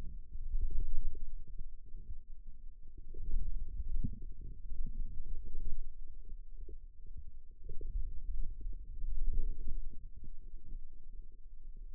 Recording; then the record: forearm muscle sounds (acoustic myography)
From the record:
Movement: wrist flexion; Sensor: system 2, bracelet of six BSWA MPA416 microphones around the upper forearm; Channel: 2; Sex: male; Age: 22 years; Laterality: right